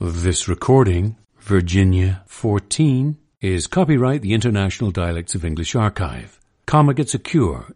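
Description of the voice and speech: A low-pitched adult man reads a short copyright notice in clear, fluent speech at an ordinary pace.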